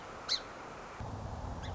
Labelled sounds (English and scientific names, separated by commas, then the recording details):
Song Sparrow (Melospiza melodia)
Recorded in Sonoma County, California